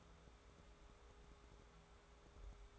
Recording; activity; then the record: daily activity, microphone in the room; take from stove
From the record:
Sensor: 3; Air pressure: 1010.3 hPa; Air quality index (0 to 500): 166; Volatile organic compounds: 9 ppm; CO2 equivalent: 2165 ppm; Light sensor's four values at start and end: 50/124/54/60 and 51/125/55/61